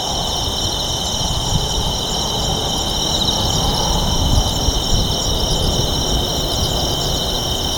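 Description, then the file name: Night insects keep up a chorus of steady shrill tones over a continuous low town rumble. Night insects in Kashiwa town, Japan, with town ambience at night; mid-side stereo. "Japan Kashiwa Town Night Bugs and Ambience"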